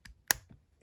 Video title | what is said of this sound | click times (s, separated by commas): Botropolis Rescue Mission!!!.......Kinda Sorta..... Deluxe Earthrise Airwave Review | to give that flush look it snaps right in | 0.3 s